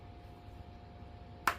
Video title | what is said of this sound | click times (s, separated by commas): Echo SRM-2320T new carb and filter cover kit how hard of an install could it be? | and then it clicks right in. | 1.5 s